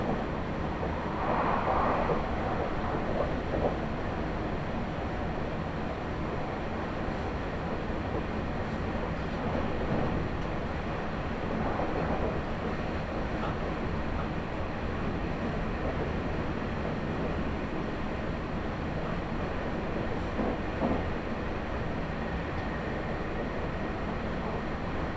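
A ride aboard a Meitetsu Nishio Line train, with a steady, dense low rumble of the running train filling all 25 seconds. Brief brighter bursts of rattling rise above it near the start and around 10, 12 and 20 seconds, while the overall loudness stays even.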